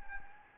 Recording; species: mosquito wingbeat signal from an infrared sensor; Anopheles gambiae